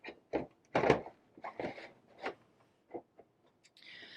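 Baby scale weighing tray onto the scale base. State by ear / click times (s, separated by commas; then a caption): not seated / none. A plastic weighing tray is slid onto the base of a Medela Baby Weigh II baby scale, pushed back until it stops, and checked to be caught underneath, before the lock tab is pushed home. Short scraping and knocking handling sounds come in bursts, the loudest at about 0.8 s, and a faint steady high tone starts near 3.8 s. Nothing has clicked or locked yet.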